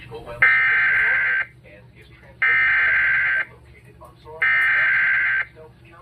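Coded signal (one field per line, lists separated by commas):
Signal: Emergency Alert System (SAME) tones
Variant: header bursts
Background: speech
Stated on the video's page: Severe weather EAS alerts received during a marginal risk event.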